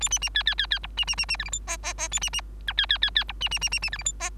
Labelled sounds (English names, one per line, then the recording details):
Bengalese Finch song
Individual Bird3